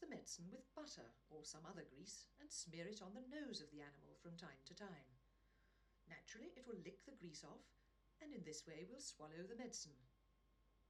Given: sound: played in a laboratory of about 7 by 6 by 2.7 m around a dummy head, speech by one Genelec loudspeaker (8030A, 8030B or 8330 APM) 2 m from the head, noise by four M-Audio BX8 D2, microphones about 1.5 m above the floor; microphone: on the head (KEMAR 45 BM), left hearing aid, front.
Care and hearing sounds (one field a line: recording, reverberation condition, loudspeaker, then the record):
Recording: female speech in English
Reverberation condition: low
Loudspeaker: 30 degrees to the left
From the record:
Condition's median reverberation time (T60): about 310 ms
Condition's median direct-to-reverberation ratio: about 3.5 dB